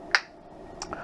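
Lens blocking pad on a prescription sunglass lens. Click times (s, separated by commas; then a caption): 0.2 s. The edger's holding block, a lens blocking pad, is popped off a freshly cut plastic prescription G 15 sunglass lens for Oakley Frogskins, giving a sharp, bright pop at 0.15 s. Two fainter taps follow at about 0.8 and 0.9 s. The block comes free of the lens.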